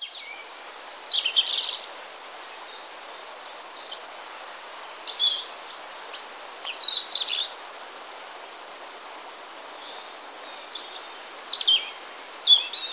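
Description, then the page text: European robin singing sweet, high-pitched, jumbled phrases with sharp twittering notes, separated by pauses of a few seconds, against constant soft hiss. Singing and chirping. "European Robin Singing Chirping Rødstrupe. knut the bird nerd"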